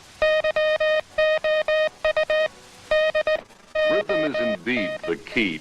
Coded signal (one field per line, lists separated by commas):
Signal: Morse code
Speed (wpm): 18 wpm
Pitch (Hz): 620 Hz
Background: speech, music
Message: YOU DON